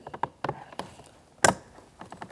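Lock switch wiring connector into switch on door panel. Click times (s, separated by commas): 1.5 s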